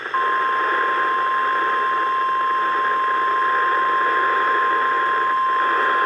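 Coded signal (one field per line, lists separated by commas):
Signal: Emergency Alert System (SAME) tones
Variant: 1050 Hz attention tone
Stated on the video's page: Severe thunderstorm warning received on NOAA Weather Radio station KHA99.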